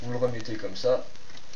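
Someone talks while putting a small plastic part of a 2006 building-brick toy robot back in place after pointing out the hole for the fibre-optic piece. A few faint plastic ticks are heard near 1.4 s and 1.5 s. The clip ends with the part not yet home, so nothing has seated or clicked yet.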